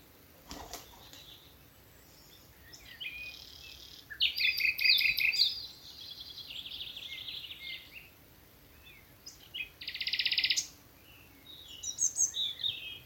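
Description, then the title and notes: Common nightingale song: sequences of rapid pulsed trills and chattering notes with pauses between phrases. Nightingales singing from thickets of a Dorset wood in the evening as dew falls, Alners Gorse nature reserve run by Butterfly Conservation, Dorset. "Sound Escape 11: the glorious song of nightingales from a Dorset wood. BBC Countryfile Magazine. it's evening at Alners Gorse, a nature reserve in Dorset run by Butterfly Conservation . As the dew falls, the extraordinary song of nightingales rises from the thickets. Recorded by Martin Maudsley"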